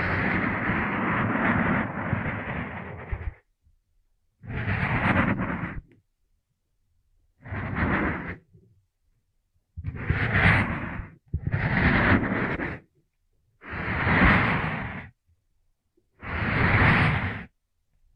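Ear massage: a long stretch of rough rubbing and brushing against the ear opens the clip, then breaks into separate swishing strokes about every one and a half to two seconds. Each stroke swells and fades, with near silence between them.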